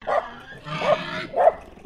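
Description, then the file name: Landrace pig squealing in short harsh bursts, a few loud squeals within under two seconds with quieter rough sound between them. Landrace breed pig giving a screech. "ANIMAL PIG LANDRACE EDGAR"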